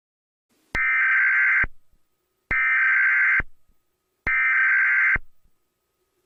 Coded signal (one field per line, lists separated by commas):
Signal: Emergency Alert System (SAME) tones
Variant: header bursts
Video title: EAS Scenario #11 - [EAS Scenario/Analog Horror] - The SCP Uprising